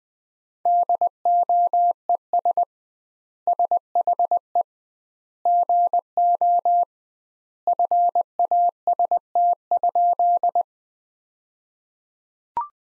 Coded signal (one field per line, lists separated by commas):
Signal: Morse code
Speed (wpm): 20 wpm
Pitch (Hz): 700 Hz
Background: none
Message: DOES SHE GO FAST?